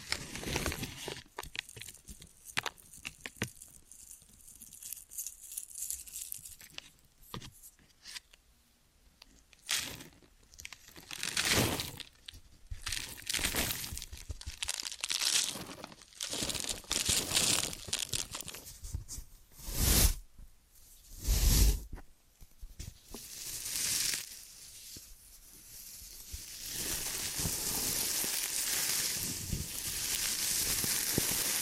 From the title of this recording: ASMR Ear & Scalp Massage and Cleaning